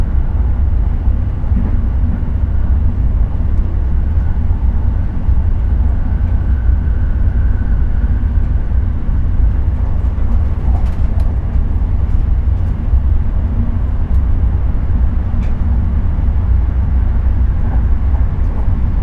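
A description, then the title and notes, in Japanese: A train runs steadily, with a dense, constant low rumble of wheels on track filling the whole stretch. Faint creaks and small clicks from the carriage surface now and then, especially around the middle, over a smooth, unchanging drone. スコットランド行きの寝台列車。ASMR列車走行音。快適な車両が発する微かなきしみや車輪の回転音が、神秘的なスコットランドの地を進む中で心地よい旋律を奏でます。遠くの静かな列車の音、列車の車両の控えめな音、その他の穏やかな列車の音を巧みに組み合わせています。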